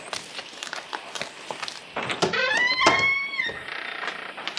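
A thin man climbs out of a red Citroën stopped in front of a boat rental: scattered clunks and shuffles, a brief squeaky creak, then the car door is shut with a solid thud, followed by a few soft steps toward the boat rental door. No one speaks.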